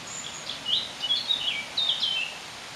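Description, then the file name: Eurasian blackcap singing two short, rich warbled phrases of quick, sliding high notes separated by a brief gap. "Sylvia atricapilla"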